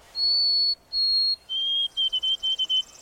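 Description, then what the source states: White-throated Sparrow song: pure whistled notes, two high and held, then a lower held note followed by several short repeated notes. Heard in the east; sweet, wavering song that seems to say 'Oh, sweet Canada, Canada'.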